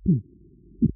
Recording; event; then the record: neck accelerometer signal played as sound; voluntary cough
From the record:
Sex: female